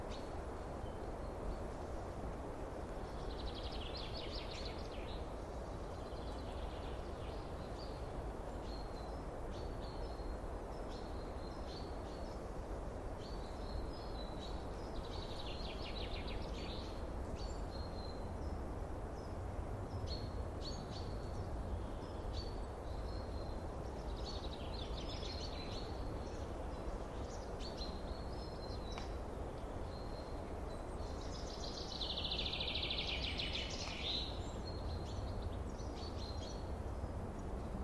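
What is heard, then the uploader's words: A steady, dense hiss and low rumble runs through the whole recording, like leaves rustling without pause. Above it, crickets chirp in short, bright, repeated pulses, swelling into louder trilling bursts about every ten seconds, the strongest near the end. The gentle rustle of leaves and soft chirping of crickets.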